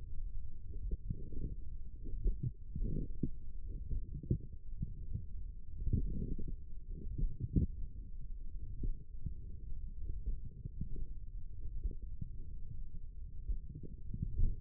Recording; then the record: forearm muscle sounds (acoustic myography)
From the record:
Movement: forearm supination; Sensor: system 1, eight BSWA MPA416 microphones around the upper forearm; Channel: 2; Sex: male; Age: 42 years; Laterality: right